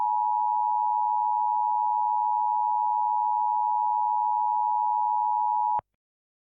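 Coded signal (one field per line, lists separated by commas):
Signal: Emergency Alert System (SAME) tones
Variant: 853 and 960 Hz attention tone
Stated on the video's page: Fictional EAS scenario.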